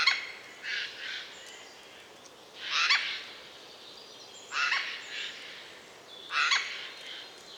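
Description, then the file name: Eurasian jay uttering four main bursts of hoarse, noisy screeches, some doubled, about two seconds apart. "Garrulus glandarius"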